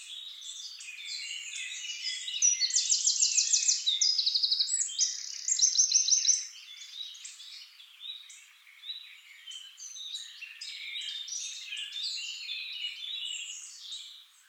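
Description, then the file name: Eurasian wren song: several loud, fast trills joined into one long phrase early on, then softer, steady twittering. "Troglodytes troglodytes"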